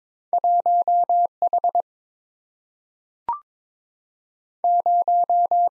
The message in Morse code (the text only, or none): 1H 0